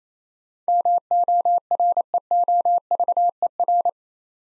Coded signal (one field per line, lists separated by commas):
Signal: Morse code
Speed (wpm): 27 wpm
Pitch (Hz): 700 Hz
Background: none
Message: MOREOVER